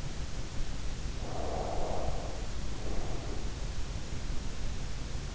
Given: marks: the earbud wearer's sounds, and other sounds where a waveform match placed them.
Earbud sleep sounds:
sounds in sleep by an in-ear microphone; breath
0.99-3.45 s: breath

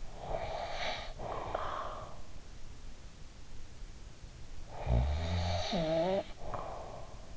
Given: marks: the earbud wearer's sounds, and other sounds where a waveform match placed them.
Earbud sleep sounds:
sounds in sleep by an in-ear microphone; snoring breath
0.10-2.20 s: snoring breath
4.46-7.21 s: snoring breath

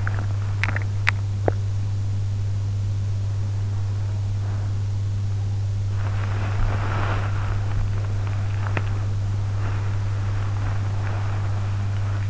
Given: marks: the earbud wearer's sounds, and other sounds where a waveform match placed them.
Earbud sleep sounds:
sounds in sleep by an in-ear microphone; swallowing, body movement
0.00-1.60 s: swallowing
5.95-12.30 s: body movement

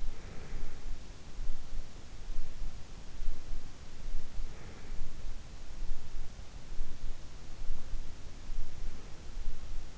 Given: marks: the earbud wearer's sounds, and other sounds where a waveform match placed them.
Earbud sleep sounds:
sounds in sleep by an in-ear microphone; breath
0.00-0.94 s: breath
4.05-5.43 s: breath

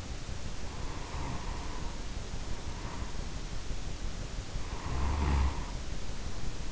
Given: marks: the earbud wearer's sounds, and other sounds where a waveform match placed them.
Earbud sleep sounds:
sounds in sleep by an in-ear microphone; snoring breath
0.84-3.34 s: snoring breath
4.58-6.72 s: snoring breath

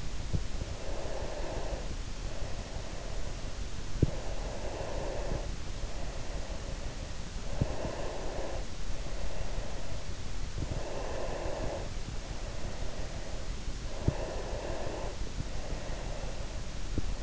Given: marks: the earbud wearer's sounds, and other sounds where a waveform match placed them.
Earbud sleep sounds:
sounds in sleep by an in-ear microphone; breath
0.78-3.44 s: breath
3.96-10.52 s: breath
10.84-13.90 s: breath
14.29-17.08 s: breath

